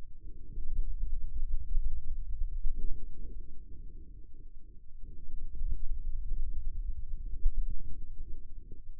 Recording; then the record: forearm muscle sounds (acoustic myography)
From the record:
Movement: hand opening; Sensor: system 2, bracelet of six BSWA MPA416 microphones around the upper forearm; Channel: 5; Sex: male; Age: 22 years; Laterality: right